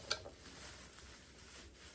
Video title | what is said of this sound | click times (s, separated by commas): Unboxing of Beast Wars Metagate G-04 Air King Terrorsaur | so those will click into his uh | 0.1 s